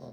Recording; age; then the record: pig call; piglet (1 to 25 days)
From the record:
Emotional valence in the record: negative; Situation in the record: long isolation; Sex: female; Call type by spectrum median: low-frequency call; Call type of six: low-frequency stable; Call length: 0.14 s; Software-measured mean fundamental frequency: 55 Hz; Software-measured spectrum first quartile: 193 Hz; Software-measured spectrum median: 392 Hz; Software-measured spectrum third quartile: 648 Hz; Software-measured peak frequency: 231 Hz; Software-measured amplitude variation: 126 dB a second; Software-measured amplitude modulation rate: 18.4 a second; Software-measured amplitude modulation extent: 6.8 dB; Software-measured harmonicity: -1.9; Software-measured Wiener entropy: 0.12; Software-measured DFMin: 1343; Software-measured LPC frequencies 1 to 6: 539, 3970, 4605, 5486, 6173, 8535 Hz